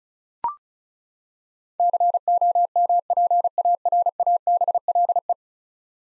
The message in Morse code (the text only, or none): COMPARABLE